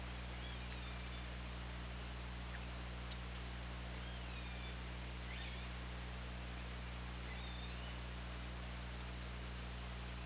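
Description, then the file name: Killer whale calls, several faint, short, curving harmonic calls spread through the recording, partly buried in heavy hiss and low hum. OrcaLab recording made 24 August 2017 at 19:28. "Orca Lab UTLN JASON 20170824 192850"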